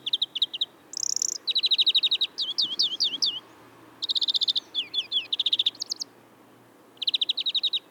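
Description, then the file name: European greenfinch song: long sequence of rapid trills alternating with slurred, swooping notes, repeated in several phrases with brief gaps. "Chloris chloris"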